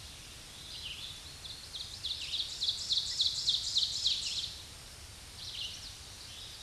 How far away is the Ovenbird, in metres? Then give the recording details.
about 25 m. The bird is about 5 m above the microphone. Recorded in a Pennsylvania forest on 16 May 2024 at 07:51. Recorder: AudioMoth, point MSD-2146. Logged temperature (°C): 16.7 °C. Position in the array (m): 149 m, 2 m